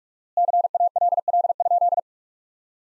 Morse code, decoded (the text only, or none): CALL?